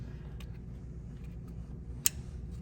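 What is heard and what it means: An ignition coil wire harness connector on the passenger side of a 2nd-generation Toyota Tundra, during spark plug replacement, is pressed firmly onto its coil pack connector. After a faint tick at 0.4 s over a low steady rumble, a sharp, bright click sounds at 2.1 s as the connector seats and is confirmed secure.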